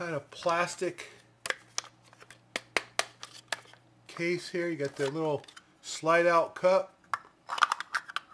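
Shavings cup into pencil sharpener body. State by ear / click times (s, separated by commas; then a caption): not seated / none. A plastic shavings cup is slid out of the plastic case of a DAHLE 155 pencil sharpener and pushed back in, while someone talks. Several short, sharp plastic knocks are heard between about 1.5 and 3.5 s, with another at 7.6 s. Nothing has seated or clicked home yet; the clip ends just before the cup snaps back in.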